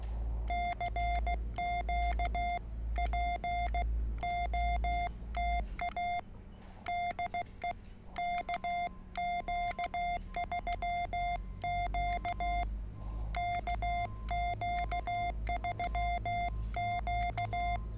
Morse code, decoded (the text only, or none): CQ POTA DE KQ3Q KQ3Q